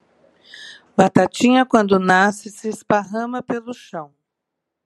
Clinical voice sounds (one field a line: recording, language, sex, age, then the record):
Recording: short text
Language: Brazilian Portuguese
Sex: female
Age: 60 to 69 years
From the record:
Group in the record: control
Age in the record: 60 years